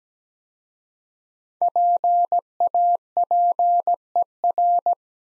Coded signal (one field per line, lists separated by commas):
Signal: Morse code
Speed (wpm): 17 wpm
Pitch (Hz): 700 Hz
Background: none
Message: PAPER